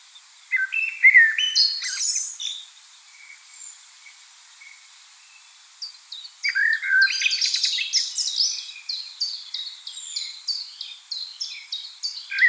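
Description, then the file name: Common blackbird song: low fluted warbling phrases, each ending in a squeaky high twitter, separated by a pause, with a steady series of short high chirps from another bird behind. "Turdus merula"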